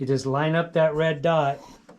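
Someone talks while lining up the red dot on a handpiece cable connector with the red dot on the right side of a pressure wave therapy unit, ready to push it into the side socket. A faint, brief sound comes near 1.9 s, but the connector has not been pushed in, and nothing has seated or clicked yet.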